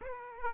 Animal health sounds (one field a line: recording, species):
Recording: mosquito wingbeat signal from an infrared sensor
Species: Aedes aegypti